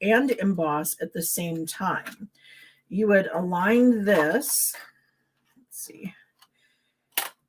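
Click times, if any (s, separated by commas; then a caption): 7.2 s. Someone talks while a thin metal cutting die is lined up and pressed into a plastic embossing folder. The die snaps into its recess with a sharp click at 7.2 s, and it is seated in the folder.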